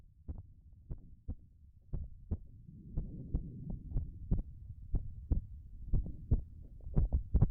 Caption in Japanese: ママの心臓の音、さっきよりもはっきり聞こえるよね。